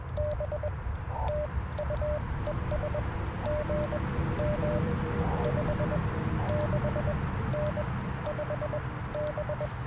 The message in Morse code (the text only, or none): B TU ES GM 56N 5B